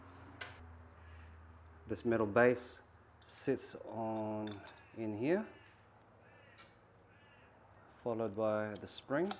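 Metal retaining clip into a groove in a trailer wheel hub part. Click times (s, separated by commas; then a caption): 0.4 s. A metal retaining clip, with its ends already set in a groove in a trailer wheel hub assembly, is pushed down on top and clicks into place at 0.4 s, so it is seated. Someone talks afterward.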